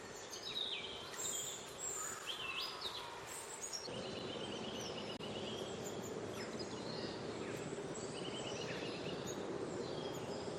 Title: Robin Birds Chirping